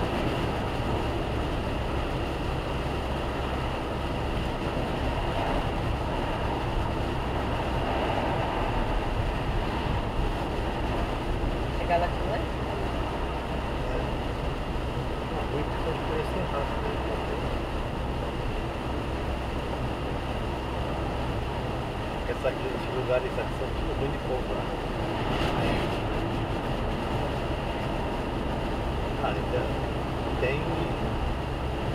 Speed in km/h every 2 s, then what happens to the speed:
102, 100, 98, 97, 95, 95, 95, 96, 96, 97, 97, 96, 93, 95, 98, 101.
0-7 slows to 95. 7-24 steady at about 96. 24-32 speeds up to 101.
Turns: none.